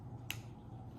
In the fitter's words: wait for a solid click.